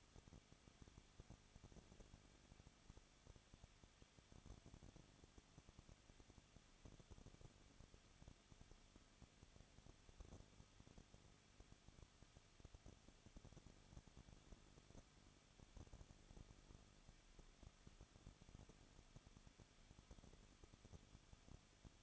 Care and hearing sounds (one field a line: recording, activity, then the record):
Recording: daily activity, microphone in the room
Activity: no activity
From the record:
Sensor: 4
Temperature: 23.0 degrees Celsius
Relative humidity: 34.0%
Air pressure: 1007.3 hPa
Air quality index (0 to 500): 215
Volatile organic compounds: 14 ppm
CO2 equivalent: 2475 ppm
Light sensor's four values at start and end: 2/3/1/1 and 2/3/1/1